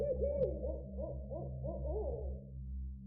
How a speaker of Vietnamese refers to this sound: Bất giác từ trong tán cây đa rậm rạp bắt đầu vang lên tiếng chim lợn, nghe vô cùng não nề, dự báo trước một sự chết chóc chuẩn bị xảy ra.